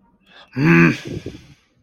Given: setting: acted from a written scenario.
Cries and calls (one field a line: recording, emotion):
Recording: vocal sound without words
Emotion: anger